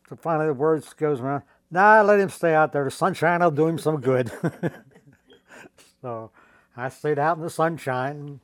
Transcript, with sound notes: finally the words goes around. "Nah, let him stay out there. The sunshine'll do him some good." [laughter] So I stayed out in the sunshine.